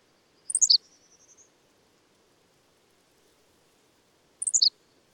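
Bird song: a high falling series of chirps followed by a thin trailing whistle, then a second similar chirp run near the end.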